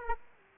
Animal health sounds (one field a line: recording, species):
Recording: mosquito wingbeat signal from an infrared sensor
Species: Aedes aegypti